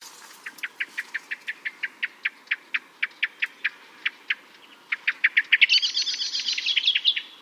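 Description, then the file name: Common blackbird giving a series of sharp chinking notes, breaking into a harsher, higher rattling chatter near the end. "Turdus merula"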